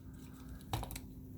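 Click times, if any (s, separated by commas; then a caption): 0.7 s. A plastic thigh filler piece is pressed by hand into the leg of a Magic Square MS-B18W Light of Justice toy robot action figure, where it holds by friction. A faint tick comes at 0.6 seconds, then a sharp plastic snap at 0.7 seconds as the filler seats, followed by a few smaller clicks around 0.8 to 1.0 seconds. The piece is confirmed seated in the leg.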